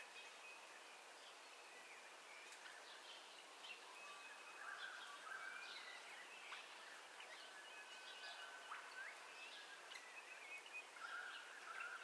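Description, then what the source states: Birds in a dawn chorus, soft overlapping chirps, whistles and brief trills throughout, with a steady hiss of background noise. Dawn ambience with birdcalls, recorded in stereo.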